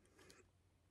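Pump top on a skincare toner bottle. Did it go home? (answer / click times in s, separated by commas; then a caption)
no / none. The plastic pump top of a skincare toner bottle is being handled and turned clockwise to lock it, with a short burst of light scraping and rustling centred around 0.3 s. Nothing has seated or clicked yet.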